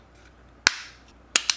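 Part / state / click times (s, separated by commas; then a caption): plastic latch on an action camera protective cage / released / 0.7 s. The top latch of the Osmo Action camera's heavy-duty plastic protective cage is pulled back to open it, giving a sharp click at 0.7 s and the latch releasing. Two more short, bright snaps follow at 1.4 s and 1.5 s.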